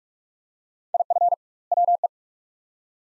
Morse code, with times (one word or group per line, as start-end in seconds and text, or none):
0.9-1.3 IF
1.7-2.1 WE